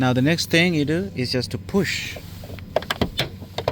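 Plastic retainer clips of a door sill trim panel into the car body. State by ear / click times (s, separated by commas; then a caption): seated / 2.8 s, 2.9 s, 3.0 s, 3.6 s, 3.7 s. Someone talks, then a door sill trim panel is pushed along its length into the car body so its new plastic retainer clips lock into place. A rapid series of sharp clicks is heard at 2.8, 2.9, 3.0, 3.6 and 3.7 seconds as the clips seat home.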